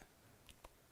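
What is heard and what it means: A PEEK bone screw is driven through a pre-tapped hole in the cortex into a surgical fixation device until it sits flush with the implant. The bone screw driver gives two short, sharp clicks at its torque limit, at 0.5 s and 0.7 s, over a quiet background. The clicks signal that the screw is done.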